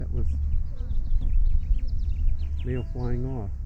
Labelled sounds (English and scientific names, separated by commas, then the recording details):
House Finch (Haemorhous mexicanus) song
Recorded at Hempstead on Long Island, New York, on 10 June 1975
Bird A